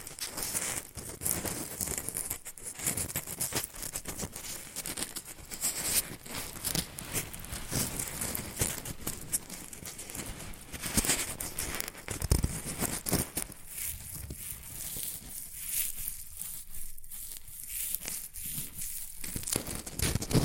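Rustling and crinkling of paper or plastic runs continuously for the whole twenty seconds, dense with quick sharp crackles and bright hissy edges. After about thirteen seconds the handling thins out a little, leaving more separate crinkles with brief gaps between them.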